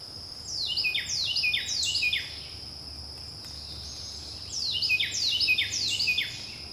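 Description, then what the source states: Carolina Wren song: ringing phrases repeated rapidly, each falling in pitch, in two bouts of about four phrases with a pause of about two seconds between them. Louisiana, USA, year-round resident, spring; often near homes, nesting in planters, gardens, trees and shrubs; sings very loudly, among the first birds singing each morning.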